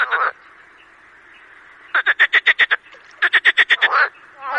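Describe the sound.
Marsh frog croaking in rapid rattling bursts, two main bursts of pulsed notes with grunting sounds at the start and end over a faint frog chorus.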